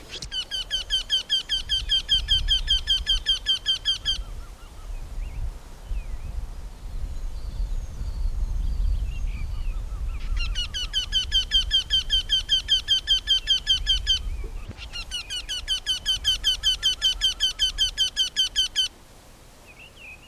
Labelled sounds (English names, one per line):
Eurasian Wryneck song